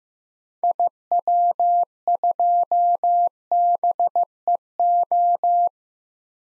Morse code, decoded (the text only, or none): IW2BEO